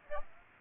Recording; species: mosquito wingbeat signal from an infrared sensor; Aedes aegypti